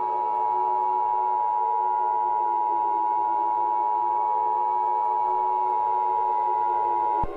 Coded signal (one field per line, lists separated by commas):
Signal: Emergency Alert System (SAME) tones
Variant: 853 and 960 Hz attention tone